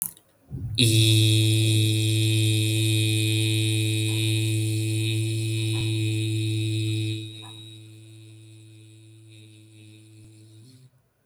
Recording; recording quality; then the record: sustained vowel as in beet; excellent, no background noise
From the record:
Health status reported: healthy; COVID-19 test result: not tested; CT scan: not taken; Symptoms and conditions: none ticked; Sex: male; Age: 21 years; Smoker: no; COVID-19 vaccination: both doses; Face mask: not worn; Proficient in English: yes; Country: India